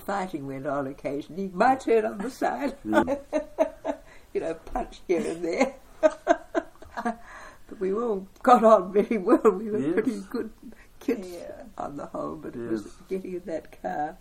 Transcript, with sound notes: bit of fighting went on occasionally – “my turn on the side”… [chuckle] you know, a punch here and there. But we all got on pretty well, we were pretty good kids on the whole, but it was getting in that car…